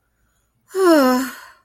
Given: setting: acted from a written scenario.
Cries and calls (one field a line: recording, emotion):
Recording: vocal sound without words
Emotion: contentment